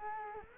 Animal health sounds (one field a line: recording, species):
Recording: mosquito wingbeat signal from an infrared sensor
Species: Culex quinquefasciatus